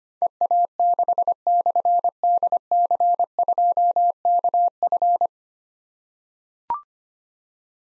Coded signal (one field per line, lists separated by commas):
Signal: Morse code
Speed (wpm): 25 wpm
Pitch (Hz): 700 Hz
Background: none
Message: EA6/DC2KF